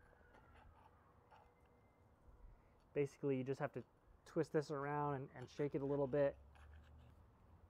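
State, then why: Not seated. During a turbocharger rebuild, the turbo shaft with its oil seal is twisted and shaken to work it into the turbo center housing. Faint handling noises are heard at first, then someone talks from about 3 to 6.3 seconds. Nothing has seated or popped into place yet.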